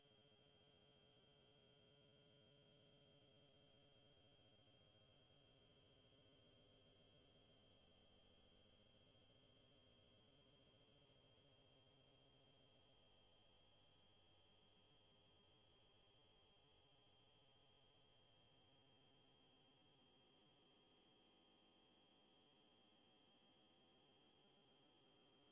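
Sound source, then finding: Device-generated tones recreating a person's tinnitus. Tinnitus simulation.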